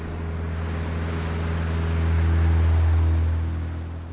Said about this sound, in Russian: Автомобиль уезжает с пляжа.